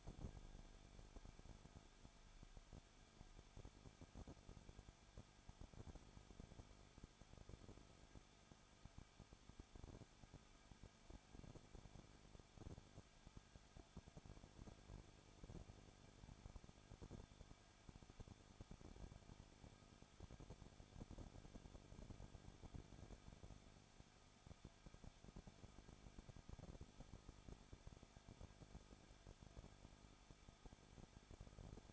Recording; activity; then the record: daily activity, microphone in the room; no activity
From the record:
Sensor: 5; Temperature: 20.9 degrees Celsius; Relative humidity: 35.1%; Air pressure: 994.6 hPa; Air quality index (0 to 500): 153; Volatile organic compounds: 2 ppm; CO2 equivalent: 1278 ppm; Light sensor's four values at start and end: 2/3/1/1 and 2/3/1/1